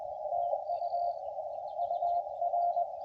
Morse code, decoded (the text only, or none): TU UR